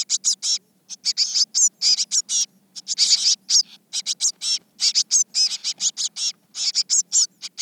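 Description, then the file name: Eurasian blue tit uttering rapid, raspy chatter: clusters of short scratchy notes repeated in quick irregular series, with a faint low hum underneath. "Cyanistes caeruleus"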